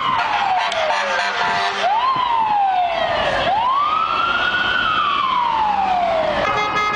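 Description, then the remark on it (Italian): Busy Manhattan street traffic on Fifth Avenue, recorded on the street, with an emergency siren wailing loudly over it, its pitch sweeping down and then rising in long, slow arcs against a steady roar of engines. “Rumori che avete sentito sono del traffico di Manhattan, li abbiamo registrati per strada, sulla Quinta Strada, sotto il nostro ufficio, un traffico, quello di Manhattan, che può far impazzire anche il più tranquillo e paziente dei guidatori.”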